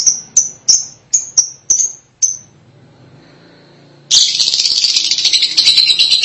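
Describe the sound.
Lovebird calls: a series of sharp high chirps about every third of a second, a pause, then a long dense burst of harsh rapid chattering.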